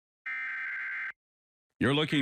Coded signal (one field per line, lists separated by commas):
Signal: Emergency Alert System (SAME) tones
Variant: header bursts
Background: speech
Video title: WFMZ-AW Emergency Alert System - National Periodic Test (October 4, 2023)